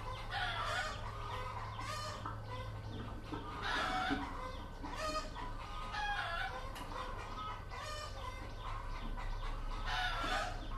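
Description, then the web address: Chickens clucking and cackling, birds calling in overlapping bursts every second or two, with a steady low hum underneath throughout. Several chickens recorded in Vietnam in 2019. "Vietnam 02 Chickens"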